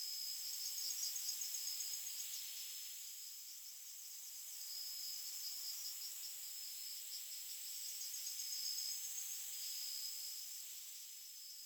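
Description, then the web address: Insects chirring in a continuous high-pitched chorus, a steady shimmering buzz with faint rapid pulsing that swells and fades gently throughout. Recorded outdoors. "Soulframe Sounds Ambience Insect Loops Insect Loop Exterior"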